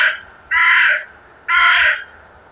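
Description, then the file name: Carrion crow giving two harsh, raspy caws about a second apart, each lasting half a second, over a quiet background. "Corvus corone"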